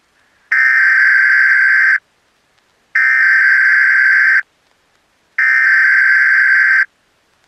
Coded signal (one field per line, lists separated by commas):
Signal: Emergency Alert System (SAME) tones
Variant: header bursts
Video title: (RECOVERED EAS RECORDINGS) Drowning In Pittsburgh